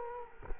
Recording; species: mosquito wingbeat signal from an infrared sensor; Culex quinquefasciatus